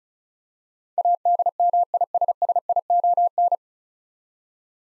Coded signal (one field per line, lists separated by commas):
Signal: Morse code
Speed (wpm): 34 wpm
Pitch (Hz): 700 Hz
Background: none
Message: ADMISSION